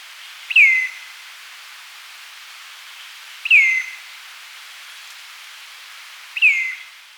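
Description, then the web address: Northern mountain cacique giving a single sharp, downslurred whistle repeated about every three seconds, with a fainter high note after each, over soft hiss. Recorded in Ecuador. "Birds of Ecuador. Northern Mountain-Cacique"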